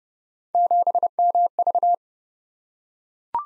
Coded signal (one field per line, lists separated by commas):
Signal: Morse code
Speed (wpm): 28 wpm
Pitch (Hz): 700 Hz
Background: none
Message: 7MV